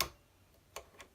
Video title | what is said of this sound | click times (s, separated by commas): Should I buy a Cricut Explore 2 when I already own a Cricut Explore | I'm going to hold this and put it until I hear it click. I know it's in then. | 0.0 s